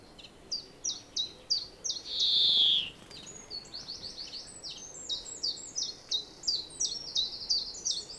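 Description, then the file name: European greenfinch: a few chirps, one long buzzy wheeze, then fast, crowded twittering chirps to the end. "Chloris chloris"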